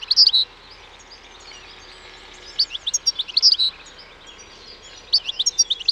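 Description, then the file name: European goldfinch song: repeated quick phrases of bright, tinkling twitters and chirps, spaced throughout over a steady low background hiss. "Carduelis carduelis"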